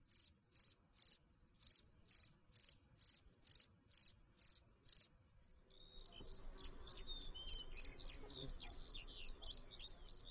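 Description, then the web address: Field cricket chirps: softer, evenly spaced chirps at first, then from about six seconds louder, faster chirps. "Tajemnice puszczy Swierscz polny"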